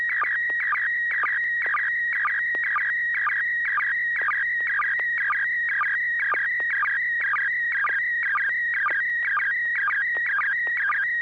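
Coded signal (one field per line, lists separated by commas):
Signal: SSTV (slow-scan television)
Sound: warbling tone sweeping around mid pitch with rapid regular chirps, steady rhythmic scanning sound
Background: low hum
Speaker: okay thank you for that uh picture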